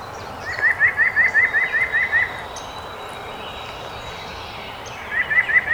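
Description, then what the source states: White-breasted nuthatch song: a run of about eight nasal, slightly rising notes at a steady pace, a long quiet gap, then a second run beginning. Recorded 2018-05-12; twelve songs in the recording.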